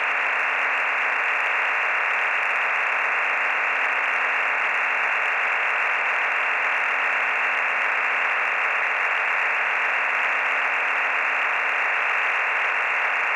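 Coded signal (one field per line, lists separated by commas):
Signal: digital SSTV (DRM)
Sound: steady, dense rushing hiss across a mid-frequency band, unchanging for the whole clip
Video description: MELBOURNE "EASYPAL" ham radio digital slow scan TV net audio log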